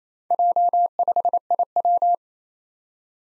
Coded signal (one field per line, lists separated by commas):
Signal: Morse code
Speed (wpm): 28 wpm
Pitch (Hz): 700 Hz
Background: none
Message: J5IW